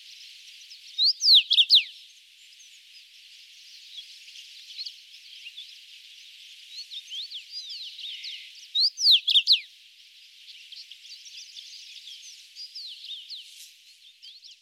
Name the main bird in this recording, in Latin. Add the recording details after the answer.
Carpodacus erythrinus. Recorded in the wild. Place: Alassy Pass, KZ. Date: 2000-05-24. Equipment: MiniDisc Sharp MT 20 H. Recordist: Schwarz, Dieter